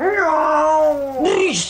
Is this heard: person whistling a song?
no